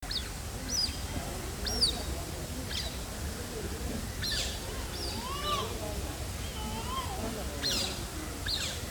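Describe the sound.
Smooth-coated otter chirps: short high squeaks and rising-falling whistled notes scattered throughout, some lower wavering calls, over a steady low rumble of background noise.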